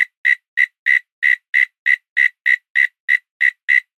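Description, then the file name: Cricket chirping: short pulsed chirps repeated steadily about three times a second, each with a bright tone and faint higher overtones, no other sounds. A single cricket calling at night in Australia in autumn. "zapsplat animal insect cricket lone call night australia autumn"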